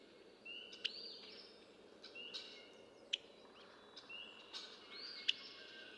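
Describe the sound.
Red-winged blackbird song: brief high whistled notes and sharp clicking chips against a steady background hiss.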